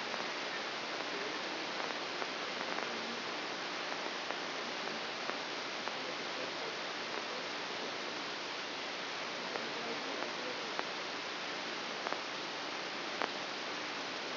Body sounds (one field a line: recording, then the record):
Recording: brain microelectrode recording played as sound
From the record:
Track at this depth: inside the subthalamic nucleus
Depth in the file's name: 5.705 mm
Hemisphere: left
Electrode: 2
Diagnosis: Parkinson's disease